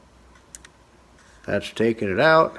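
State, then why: Released. A micro SD card is pressed into the spring-loaded card slot of a Reolink security camera, and the slot releases it with a sharp click at 0.6 s, followed by a fainter tick at 0.7 s. The card comes out of the slot. Someone then talks.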